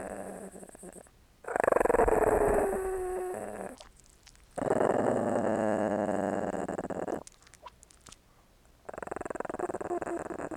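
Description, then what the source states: Dog growls in long rumbling bouts, one starting on a higher whiny tone that slides down, with quieter licking noises between bouts. Small dog, growling and licking.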